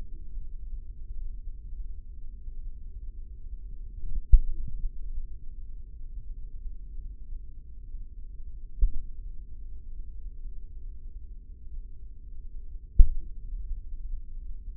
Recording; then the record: forearm muscle sounds (acoustic myography)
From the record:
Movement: tripod grip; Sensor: system 3, bracelet of six PUI Audio POM-2738L microphones around the upper forearm, with dedicated amplification and filtering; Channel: 3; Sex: male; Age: 55 years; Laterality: right